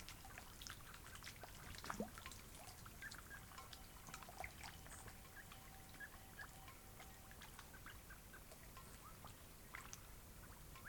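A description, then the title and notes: Water drips and trickles on a cloudy night beside a lake in the mountains, with many small, quick plinks scattered irregularly throughout. A steady low murmur sits underneath, and a thin sustained tone runs through the middle seconds. This was recorded on a cloudy night beside Taylor Lake in the Russian Wilderness, Klamath National Forest, Siskiyou County, California. The recording starts at around midnight and continues until sunrise. The night was fairly calm with a faint breeze blowing through the treetops.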